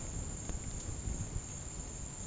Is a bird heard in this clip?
no